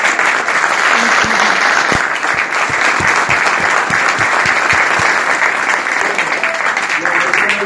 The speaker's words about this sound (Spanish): También quiero que le brindemos un nuevo aplauso de parte de toda la escuela al Centro Cultural Eduardo Galeano,